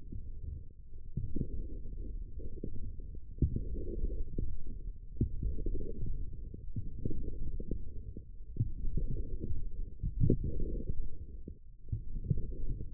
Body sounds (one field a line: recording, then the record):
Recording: forearm muscle sounds (acoustic myography)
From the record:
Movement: forearm pronation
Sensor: system 1, eight BSWA MPA416 microphones around the upper forearm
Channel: 7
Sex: male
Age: 18 years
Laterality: right